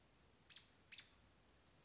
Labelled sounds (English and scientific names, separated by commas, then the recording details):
American Robin (Turdus migratorius)
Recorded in Sonoma County, California